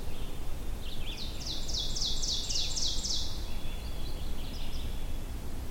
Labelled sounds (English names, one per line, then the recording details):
Ovenbird song
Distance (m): 50 m
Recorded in boreal forest in Alberta, Canada, on 22 June 2016 at 08:02
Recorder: SongMeter 3, array SBT-6-76
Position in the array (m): 155 m, 115 m
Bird 3